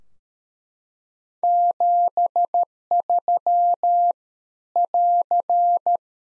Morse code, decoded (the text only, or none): 73 <AR>